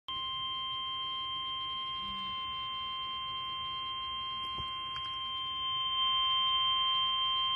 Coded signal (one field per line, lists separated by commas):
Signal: Emergency Alert System (SAME) tones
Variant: 1050 Hz attention tone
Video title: Severe Thunderstorm Warning #5 (EAS #132)